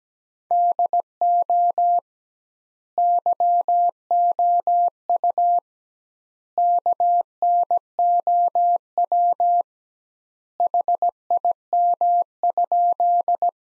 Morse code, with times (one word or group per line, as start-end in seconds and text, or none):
0.5-2.0 DO
3.0-5.6 YOU
6.6-9.6 KNOW
10.6-13.5 HIM?